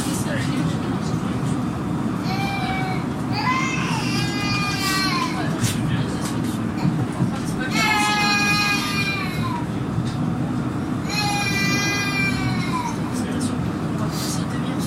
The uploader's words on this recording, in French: Dans le tram. Un bébé fiévreux.